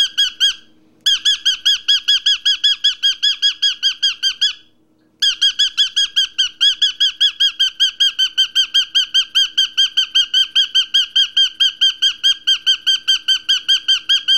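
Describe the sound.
Parrot squawking steadily, shrill harmonic notes repeated quickly and evenly, broken by two brief pauses, on a quiet background.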